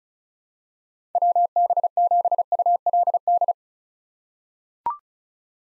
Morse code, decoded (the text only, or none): WB7ULD